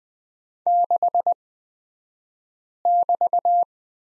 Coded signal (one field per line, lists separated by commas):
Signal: Morse code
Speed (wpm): 20 wpm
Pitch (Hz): 700 Hz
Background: none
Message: 6<BT>